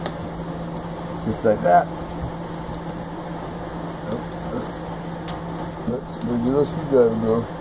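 A second DDR memory stick is pushed all the way down and back into the memory slot of a ThinkPad T410 laptop, with a steady low hum underneath. Someone talks throughout. The clip ends before the module goes home, so nothing has seated or clicked yet.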